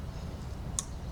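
A plastic electrical connector is slid onto a coolant flange sensor on a 2008 Audi A4 B7 during a rear coolant flange replacement. It seats with one sharp, bright click at 0.8 s over a low background hum. A fainter tick follows near the end, and the connector is confirmed clicked into place.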